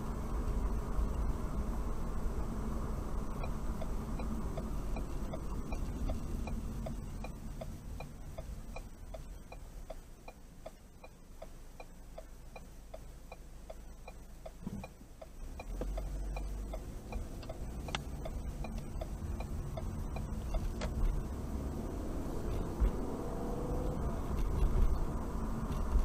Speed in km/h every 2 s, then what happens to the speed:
45, 44, 35, 19, 6, 0, 0, 0, 0, 15, 21, 31, 44.
0-9 brakes to 0. 9-16 standing. 16-26 pulls away to 44.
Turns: 16-20.